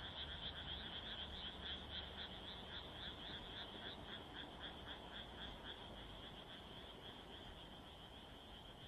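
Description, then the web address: Frogs croaking in a chorus, rapid pulsed calls, somewhat faint against a soft background hiss. "kaeru kaeru"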